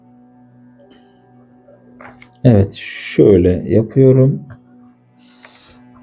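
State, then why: Seated. The motor's plastic wire connector is pushed into the socket mounted in a Philips upright vacuum cleaner's suction head. Someone talks, and after a pause the connector latches into the socket with a short click at 5.5 s. It is seated.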